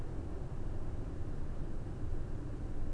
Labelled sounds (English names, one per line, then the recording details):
none
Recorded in Germany
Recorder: ecoPi